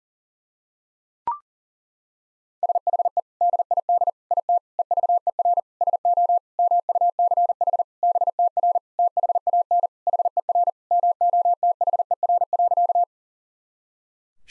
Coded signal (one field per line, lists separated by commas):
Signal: Morse code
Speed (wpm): 37 wpm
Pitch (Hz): 700 Hz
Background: none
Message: SHE DID IT EVER SO MUCH BTR THAN HER MOTHER.